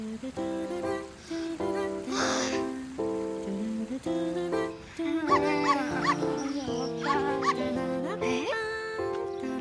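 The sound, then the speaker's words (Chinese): A puppy lets out high, wavering whimpers and short yips, rising and falling in pitch over a steady tonal background that continues throughout. “虽然你现在是个小傻狗，但是长大不要像他那么傻，好吗？”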